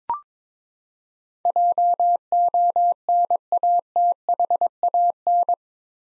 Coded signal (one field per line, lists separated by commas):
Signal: Morse code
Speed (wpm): 21 wpm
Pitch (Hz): 700 Hz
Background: none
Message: JONATHAN